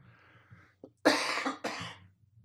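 An adult man with a lingering cough left over from a bad cold: a short catch of breath, then two forceful, harsh coughs about half a second apart, each tailing off quickly. Faint low room hum underneath.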